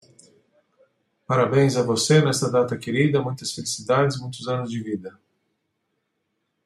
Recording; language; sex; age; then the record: short text; Brazilian Portuguese; male; 50 to 59 years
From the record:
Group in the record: control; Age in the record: 53 years